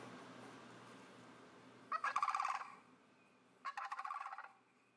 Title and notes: Cranes are up ahead. An ode to the Sandhills cranes I’ve seen for the past 6 years in Birchwood TN